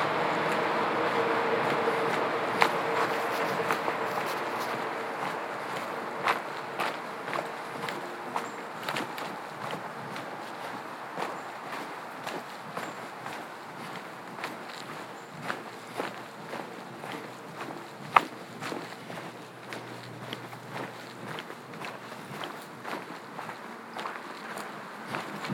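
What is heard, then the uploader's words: Hiking boots scuff and crunch on gravel in a steady run of short footsteps, over a soft rushing hiss that fades slightly after the first few seconds. A Walk in the Woods.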